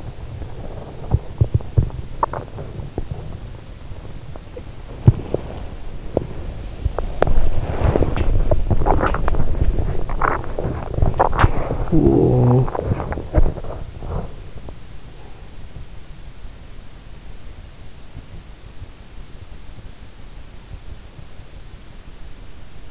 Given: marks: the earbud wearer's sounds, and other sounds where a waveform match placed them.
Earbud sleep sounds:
sounds in sleep by an in-ear microphone; teeth grinding, swallowing, breath, body movement, talking in sleep
0.00-2.16 s: teeth grinding
2.09-2.73 s: swallowing
2.99-4.99 s: breath
4.99-11.99 s: body movement
10.99-12.99 s: talking in sleep
12.99-14.99 s: teeth grinding
14.99-15.99 s: breath

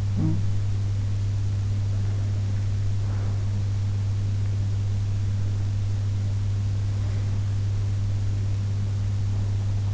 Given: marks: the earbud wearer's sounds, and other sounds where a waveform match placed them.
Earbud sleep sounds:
sounds in sleep by an in-ear microphone; talking in sleep
0.00-0.77 s: talking in sleep

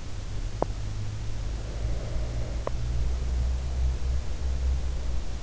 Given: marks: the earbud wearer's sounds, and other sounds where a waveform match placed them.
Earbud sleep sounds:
sounds in sleep by an in-ear microphone; teeth grinding, breath
0.34-1.18 s: teeth grinding
1.60-4.18 s: breath
2.40-3.22 s: teeth grinding

